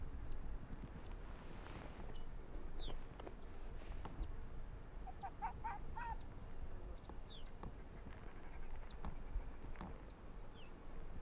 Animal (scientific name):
Vulpes lagopus